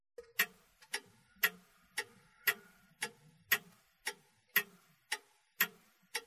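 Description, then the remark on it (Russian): A clock in a small, nearly empty café in a city centre ticks steadily on its own, about a dozen crisp, sharp clicks evenly spaced roughly twice per second, with quiet pauses between each tick and no voices. “Анна Витальевна Кобрук нервно теребила край бумажной салфетки, глядя на часы.”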